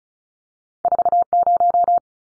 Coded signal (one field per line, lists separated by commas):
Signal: Morse code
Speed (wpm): 34 wpm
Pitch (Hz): 700 Hz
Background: none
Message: 40